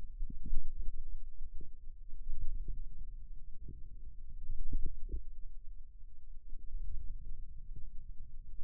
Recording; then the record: forearm muscle sounds (acoustic myography)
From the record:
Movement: hand opening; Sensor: system 2, bracelet of six BSWA MPA416 microphones around the upper forearm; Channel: 1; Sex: female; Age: 22 years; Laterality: right